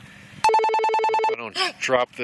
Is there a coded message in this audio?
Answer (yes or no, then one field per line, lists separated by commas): no